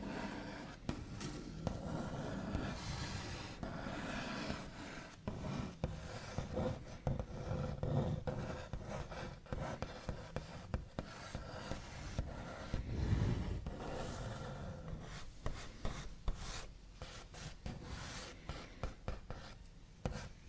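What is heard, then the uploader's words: Fingernail backs scratch, tap and trace over a wooden table in a dense, uneven stream of dry clicks and rough scraping strokes throughout. Scratchy Tapping and Tracing on a Wooden Table with Backs of Nails.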